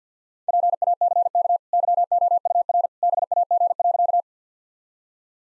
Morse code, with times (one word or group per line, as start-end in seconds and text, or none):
0.5-1.6 PACK
1.7-2.9 YOUR
3.0-4.2 BAG.